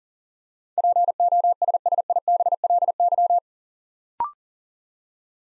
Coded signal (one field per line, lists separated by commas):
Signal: Morse code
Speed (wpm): 40 wpm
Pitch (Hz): 700 Hz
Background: none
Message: POSSIBLY